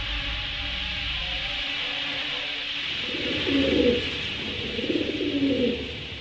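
Pigeons coo in two low, throaty bursts of rolling, rhythmic calls over a steady background hiss, the second phrase following shortly after the first.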